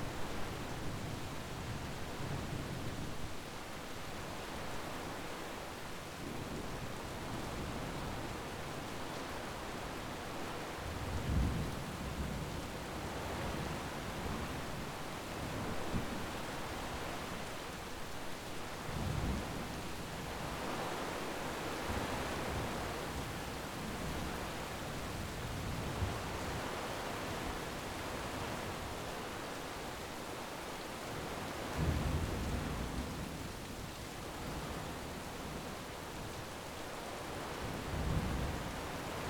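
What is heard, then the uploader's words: A thunderstorm rages with a steady, dense hiss of rain filling the whole clip. Low rumbles swell and fade throughout, with stronger thumps around 11, 19, 32 and 38 seconds rising above the constant downpour. Thunder Storm Outside.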